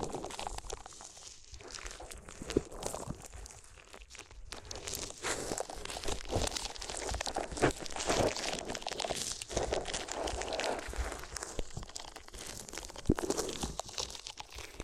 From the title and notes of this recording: ASMR If You Had Paper Ears (No Talking).